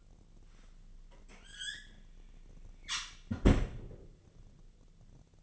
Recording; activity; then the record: daily activity, microphone in the room; close fridge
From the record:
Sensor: 4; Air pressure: 1010.5 hPa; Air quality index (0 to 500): 177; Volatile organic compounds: 5 ppm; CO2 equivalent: 1800 ppm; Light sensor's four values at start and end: 27/81/32/32 and 32/96/38/38